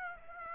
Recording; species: mosquito wingbeat signal from an infrared sensor; Aedes aegypti